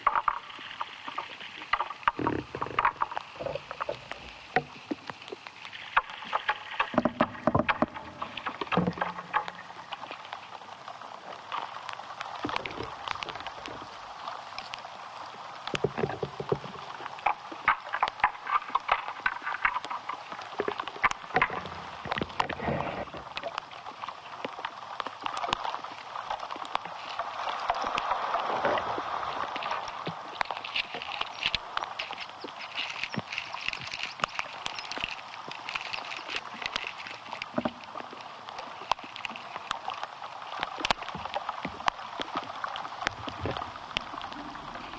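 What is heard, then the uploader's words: Inside an ash tree, a dense, restless layer of tiny clicks and crackles runs throughout, centred in a mid-pitched band. Sharper ticks and brief bursts punctuate it irregularly every second or so, with a slightly fuller swell near the thirty-second mark. The interior sound world of ash trees, Fraxinus excelsior .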